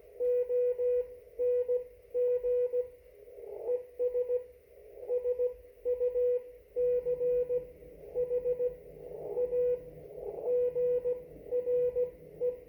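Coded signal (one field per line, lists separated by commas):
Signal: Morse code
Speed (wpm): 17 wpm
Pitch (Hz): 490 Hz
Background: radio noise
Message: ONG ES SUCH A GRE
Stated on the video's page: CQ call and CW conversation at 1 watt on the 30 meter band between southwest Ohio and northern Wisconsin, 519 miles apart.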